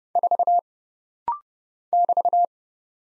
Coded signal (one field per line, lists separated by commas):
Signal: Morse code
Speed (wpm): 31 wpm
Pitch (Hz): 700 Hz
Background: none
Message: 4 <BT>